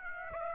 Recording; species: mosquito wingbeat signal from an infrared sensor; Aedes aegypti